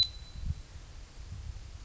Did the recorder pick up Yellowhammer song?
no